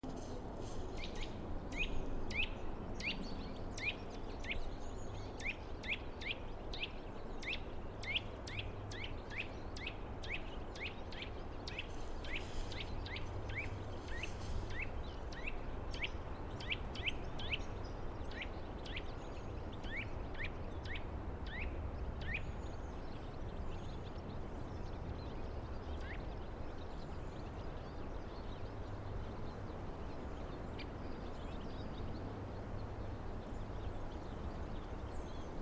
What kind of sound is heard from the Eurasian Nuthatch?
call